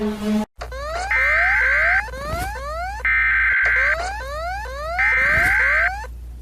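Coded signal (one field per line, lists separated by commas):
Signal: Emergency Alert System (SAME) tones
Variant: header bursts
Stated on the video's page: EAS alarms from various countries, collected for rating.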